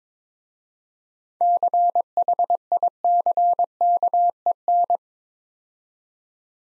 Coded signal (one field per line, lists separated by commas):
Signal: Morse code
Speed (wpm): 22 wpm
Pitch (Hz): 700 Hz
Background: none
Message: CHICKEN